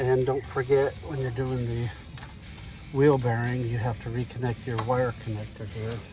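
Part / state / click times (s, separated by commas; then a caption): wheel-speed sensor wire connector into its mating harness plug at the rear hub / not seated / none. After a rear wheel bearing and hub replacement on a 2013–17 Ford Escape (also Focus, C-Max and Transit Connect), the plastic wheel-speed sensor wire connector is handled near its mating harness plug at the rear hub. Someone talks throughout, with a brief sharp sound at 2.2 s. Nothing has seated or clicked yet.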